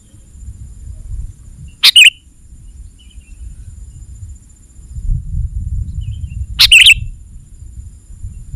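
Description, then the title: Sooty-headed bulbul giving two abrupt sharp chirps several seconds apart, with quiet low rumble filling the gaps. "kutilang"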